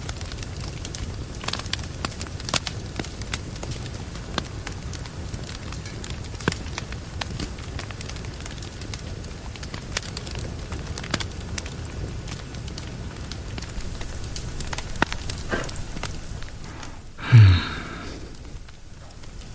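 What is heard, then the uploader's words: Rain and fire blend into a steady low rumble, with frequent sharp crackles and pops scattered irregularly throughout. Around the seventeen-second mark a louder, thick rushing burst swells for about a second before the sound settles back to its even hiss. Rain and fire in the background.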